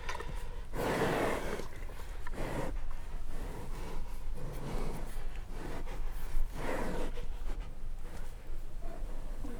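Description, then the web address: Brown bear eating: several long breathy snuffling bursts between softer chewing noises, with a low hum underneath. Brown bears eating at Jászberény Zoo in 2016, recorded with the microphone in front of the bear's nose. "allathangok jaszberenyizoo 2016 professzionalis barnamedve esznekabarnamedvek orrukelottamikrofon"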